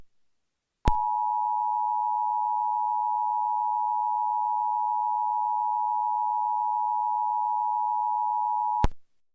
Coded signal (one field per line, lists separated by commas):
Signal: Emergency Alert System (SAME) tones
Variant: 853 and 960 Hz attention tone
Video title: EAS Scenario - Charleston Chaos